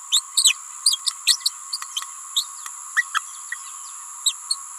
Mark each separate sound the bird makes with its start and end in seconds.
0.11-0.22, 0.36-0.53, 0.85-0.99, 1.26-1.38, 1.45-1.50, 1.72-1.78, 2.35-2.44, 2.96-3.05, 3.13-3.22, 4.25-4.34, 4.50-4.57